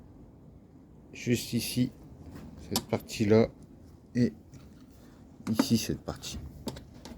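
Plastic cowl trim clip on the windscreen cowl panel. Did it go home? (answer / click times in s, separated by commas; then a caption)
released / 6.7 s, 6.8 s, 7.0 s. Someone talks while unclipping the plastic clips on the side section of the windscreen cowl trim of a Toyota Yaris D4D. Sharp, short hits at 6.7, 6.8 and 7.1 seconds mark the clips letting go, and the trim piece comes free.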